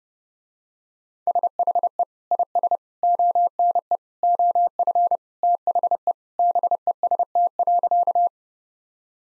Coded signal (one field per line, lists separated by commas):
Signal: Morse code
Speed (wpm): 30 wpm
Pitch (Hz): 700 Hz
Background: none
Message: SHE IS ONE OF THE BEST.